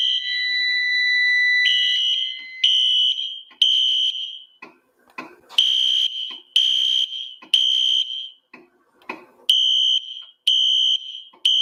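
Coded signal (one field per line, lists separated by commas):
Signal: alarm pattern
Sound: steady tones, then a harsh horn sounding in repeating groups of three blasts with pauses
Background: indoor room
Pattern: temporal three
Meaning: Temporal-3 evacuation signal: leave the building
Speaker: It is a Mercom Life Safety MS-501U. I'm thinking we'll go ahead and pull this and re-alarm the system. Here we go.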